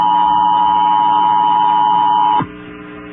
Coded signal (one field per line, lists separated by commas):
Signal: Emergency Alert System (SAME) tones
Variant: 853 and 960 Hz attention tone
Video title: All EAS Required Tests I played (EAS #13 - EAS #31)